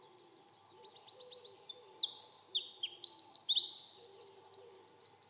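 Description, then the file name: Eurasian wren song, a rapid string of loud high notes and trills ending in a long fast trill. "Troglodytes troglodytes"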